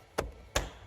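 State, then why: Seated. During heater core reassembly on a 2010 Subaru Impreza, a plastic dash trim piece is pushed down into the dashboard. Sharp plastic snaps ring out at 0.2 s and 0.6 s, with another sharp click at 0.9 s as the clip ends. The trim piece snaps into place and is seated.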